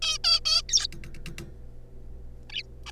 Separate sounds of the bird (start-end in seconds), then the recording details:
0.02-0.18, 0.24-0.40, 0.46-0.62, 0.69-0.87, 2.50-2.63, 2.86-2.91. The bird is a juvenile. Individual R3549